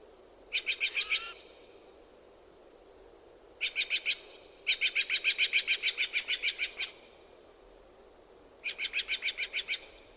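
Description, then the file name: Steller's jay calling in four rapid series of harsh, grating notes, the longest holding about fifteen quick notes, with a faint soft whistle early on. "Canto do gaio de steller"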